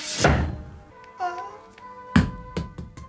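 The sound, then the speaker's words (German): A heavy wooden thunk, then a short wavering creak as a door swings open and someone goes out, followed by another solid thud and a couple of lighter knocks. “Wenn ich jetzt die Tür öffne und hinausgehe...”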